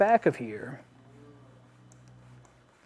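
Someone talks briefly while a plastic end cap is worked and lined up on the back end of a crossbar of a Yakima RidgeLine roof rack for flush rails on a 2021 Toyota RAV4, since fitting it can take a little while. After the talking stops, a low steady hum continues with a few faint light ticks at about 1.9, 2.1 and 2.5 seconds. The end cap has not clicked into place yet.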